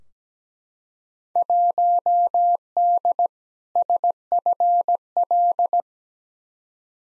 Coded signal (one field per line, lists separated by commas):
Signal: Morse code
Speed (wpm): 17 wpm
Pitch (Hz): 700 Hz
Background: none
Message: 1D SFL